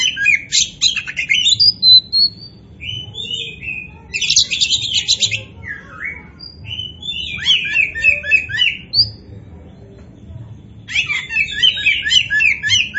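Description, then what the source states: Oriental magpie-robin song with dense buzzy trills, looping whistled slurs and brief gaps, its phrases changing constantly. Local variety called kacer poci; described as gacor, singing vigorously.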